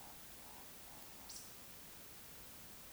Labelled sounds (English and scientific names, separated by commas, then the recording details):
Eurasian Woodcock (Scolopax rusticola) croak
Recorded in Baden-Württemberg, Germany, on 2 June 2020 at 20:04 UTC
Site 46190, 1214 m above sea level